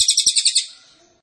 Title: Cililin AMPUH. Masteran Burung cililin masteran sang juara